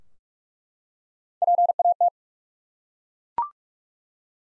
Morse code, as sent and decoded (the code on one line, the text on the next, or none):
.--. .- -
PAT